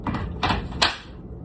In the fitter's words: And it just literally goes back on and snaps into place, and you are set to go.